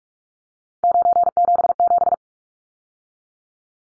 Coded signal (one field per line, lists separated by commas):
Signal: Morse code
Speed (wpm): 44 wpm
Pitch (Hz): 700 Hz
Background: none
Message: 977